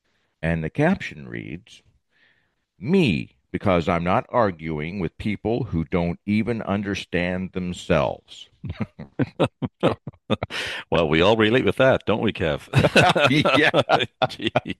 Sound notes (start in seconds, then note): 8.6 laughs; 12.7 laughs